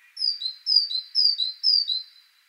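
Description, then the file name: Great tit song: four clear two-note phrases, a high whistled note dropping to a lower one, repeated about every half second. "Parus major"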